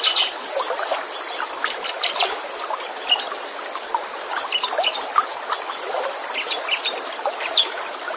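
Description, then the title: Zebra finch chatter: nasal beeping notes at the start, then a thick, continuous tumble of squeaky chirps from several birds. Master recording used to train a bird, with lively, actively singing finches. "Masteran Burung Tembakan Gacor"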